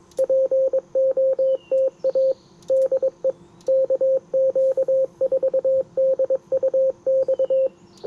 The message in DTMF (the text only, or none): none